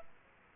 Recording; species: mosquito wingbeat signal from an infrared sensor; Aedes aegypti